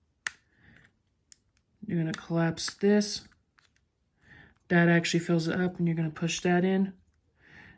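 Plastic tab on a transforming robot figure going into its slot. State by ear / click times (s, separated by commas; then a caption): not seated / none. Someone talks while parts of a transforming robot action figure are collapsed and a plastic tab is pushed into its slot, with a few brief sharp ticks near 0.3 s and 1.3 s. The tab would normally click into place, but nothing has clicked or seated yet.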